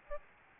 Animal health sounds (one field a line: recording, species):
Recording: mosquito wingbeat signal from an infrared sensor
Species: Aedes albopictus